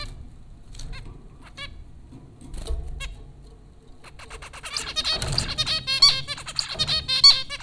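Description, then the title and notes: Zebra finch calls, sparse nasal honking notes at first, then a dense chorus of overlapping buzzy beeps from several birds with low rumbling noise beneath. Zebra finches recorded at Popcorn School, Flatbush, Brooklyn, New York, in April 2009. "Dronecast: The Popcorn Finches Four from Apr 15, 2009. Zebra finches recorded by Dan Bodah at Popcorn School, Flatbush, Brooklyn NY in April 2009"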